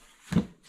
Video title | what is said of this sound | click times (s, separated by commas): Dodge Caravan/Chrysler Town & Country 3.6 L oil filter housing replacement | snaps back in | 0.3 s